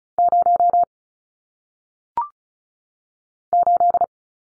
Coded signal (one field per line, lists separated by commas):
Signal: Morse code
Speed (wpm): 36 wpm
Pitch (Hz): 700 Hz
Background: none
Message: 0 8